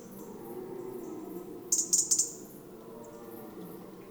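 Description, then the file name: European robin giving a brief run of about five very high, sharp ticking notes midway, otherwise only a soft low background rumble. "Erithacus rubecula"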